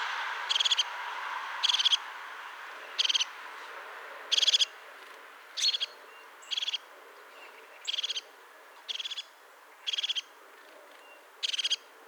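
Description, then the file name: European crested tit calls, short high purring trills of rapid notes repeated about once a second, each burst clipped and buzzy over a soft hiss. "Haubenmeise Ruf"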